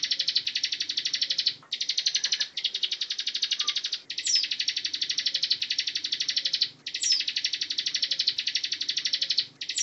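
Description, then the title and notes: Bar-winged Prinia giving sustained rasping trills, steady and harsh, repeated in bursts of a few seconds with a thin high note at the start of some bursts. Ngebren song style, recorded as tutor song for training white-rumped shamas (murai batu). "Ciblek Ngebren Untuk Masteran Murai Batu. Suara burung ciblek"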